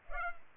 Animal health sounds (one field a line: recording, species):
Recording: mosquito wingbeat signal from an infrared sensor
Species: Culex pipiens